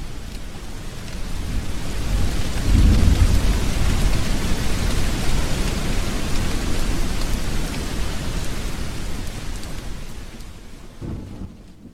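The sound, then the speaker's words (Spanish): A summer thunderstorm over Quatre Camins: steady heavy rain hisses across the whole recording while a deep rumble of thunder swells around the third second and rolls on low beneath the downpour before easing near the end. “Tormenta de Verano sobre Quatre Camins”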